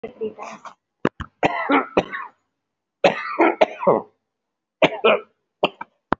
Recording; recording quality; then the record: heavy voluntary cough; excellent, no background noise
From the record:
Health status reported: respiratory illness, not identified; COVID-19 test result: negative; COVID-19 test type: RT-PCR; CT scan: not taken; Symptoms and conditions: cough, cold, breathing difficulty, asthma, chronic lung disease, pneumonia, hypertension, diabetes, ischaemic heart disease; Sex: male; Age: 67 years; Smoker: yes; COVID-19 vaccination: none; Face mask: worn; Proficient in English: yes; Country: India